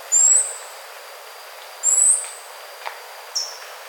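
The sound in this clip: Bird calls: three thin, very high whistled notes, the first two longer and the last brief, over a faint steady hiss.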